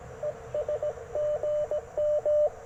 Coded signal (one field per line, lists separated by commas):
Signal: Morse code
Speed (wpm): 20 wpm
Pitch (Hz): 590 Hz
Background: radio noise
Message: ES GM